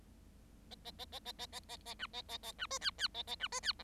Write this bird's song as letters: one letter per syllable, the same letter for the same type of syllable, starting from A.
A A A A A A A A A B A A A B C D D A A B C D E